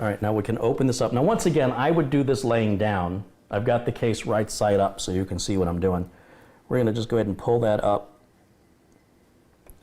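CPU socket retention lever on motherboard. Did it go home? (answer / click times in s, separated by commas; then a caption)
released / 9.7 s. A man talks for about eight seconds while working on a motherboard in an upright computer case. After a quiet stretch, the CPU socket retention lever on the motherboard is pulled up and clicks open at 9.7 s, releasing the socket.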